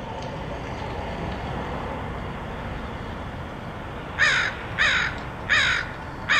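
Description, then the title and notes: Crow calls: four harsh caws in quick succession after a stretch of steady background hum, the last cut off at the end. Crows recorded in Portland, Oregon, in August 2003. "Crows of Portland. Crows recorded by Dan Bodah in Portland, OR, August 2003"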